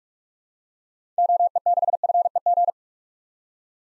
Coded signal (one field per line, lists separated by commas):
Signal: Morse code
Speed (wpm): 43 wpm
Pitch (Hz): 700 Hz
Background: none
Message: OE6FEG